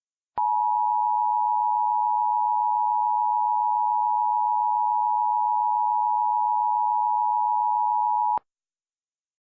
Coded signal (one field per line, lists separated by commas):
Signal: Emergency Alert System (SAME) tones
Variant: 853 and 960 Hz attention tone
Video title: *VALID TONES* Hurricane of Snow (EAS Scenario)